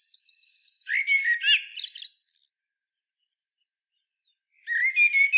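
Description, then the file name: Common blackbird: a soft high trill leads into a rich warbled phrase with squeaky high endings, then silence before another fluty phrase begins. "Turdus merula"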